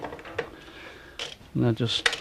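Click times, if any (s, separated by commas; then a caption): none. During a belt replacement on an HP Designjet 500/800 A0 wide-format printer, a plastic part of the carriage or belt assembly is pressed toward its place in the carriage mechanism while someone talks. Light handling taps and knocks are heard, the sharpest around 0.4 s. Nothing has seated or clicked yet.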